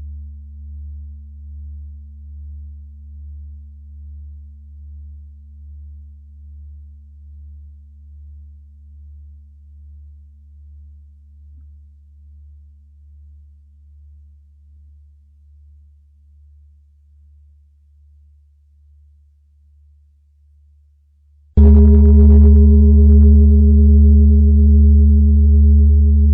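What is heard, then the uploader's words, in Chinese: A Saturn tone at 147.85 Hz: a low, steady hum that pulses slowly and softly, gradually fading over about twenty seconds. Around 21 seconds it cuts abruptly to a much louder, brighter sustained tone with several layered pitches that holds to the end. 土星（147.85赫兹）。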